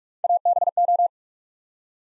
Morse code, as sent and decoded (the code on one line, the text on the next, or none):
.- -... ---
ABO